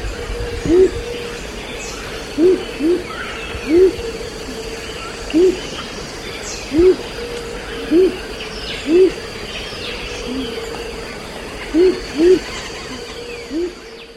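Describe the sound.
Blue-crowned motmot, a long series of low, mellow hoots, some paired, repeated every one to three seconds against a steady background hum.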